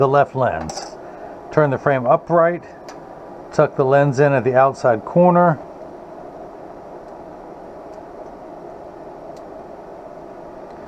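A left anti-glare prescription lens is tucked into the outside corner of the groove in a Polo 1117 eyeglass frame, positioned before a strap is used to pull it home. Someone talks in bursts through the first five and a half seconds, followed by quiet low background noise for the rest of the clip. The lens has not snapped into place yet.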